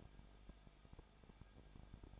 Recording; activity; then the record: daily activity, microphone in the room; no activity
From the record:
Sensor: 5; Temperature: 20.9 degrees Celsius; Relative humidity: 35.1%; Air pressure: 994.7 hPa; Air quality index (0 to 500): 154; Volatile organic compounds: 2 ppm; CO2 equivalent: 1289 ppm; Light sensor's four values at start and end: 2/3/1/1 and 2/3/1/1